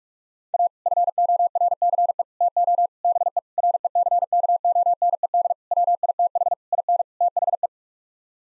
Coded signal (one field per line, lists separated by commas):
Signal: Morse code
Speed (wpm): 46 wpm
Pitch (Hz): 700 Hz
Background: none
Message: A FORCE TO BE RECKONED WITH IN THE